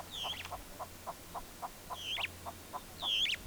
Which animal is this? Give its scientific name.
Lamprotornis superbus